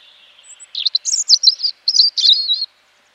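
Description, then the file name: European robin song: one rapid phrase of high, sweet, jangling notes and short trills lasting about two seconds. "Erithacus rubecula"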